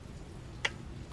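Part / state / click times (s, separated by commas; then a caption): microSD memory card into action camera slot / seated / 0.7 s. A class 10 microSD card is pushed into an action camera's card slot against a quiet background. At 0.7 s a single short, sharp click is heard as the card clicks into place, confirming it is seated.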